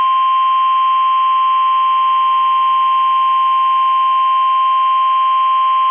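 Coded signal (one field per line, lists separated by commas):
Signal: Emergency Alert System (SAME) tones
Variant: 1050 Hz attention tone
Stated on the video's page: Required weekly test for Pennsylvania.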